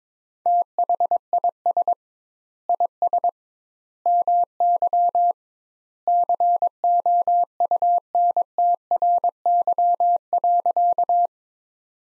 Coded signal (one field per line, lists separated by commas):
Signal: Morse code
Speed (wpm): 22 wpm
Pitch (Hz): 700 Hz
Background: none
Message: THIS IS MY COUNTRY.